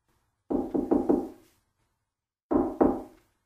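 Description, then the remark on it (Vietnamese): Knocking on a hotel room door a little after 11 o'clock: a quick series of three firm raps, a pause of about a second, then two more. The knocks are solid and resonant, with nothing else audible. “Tôi gõ cửa phòng Audrey.”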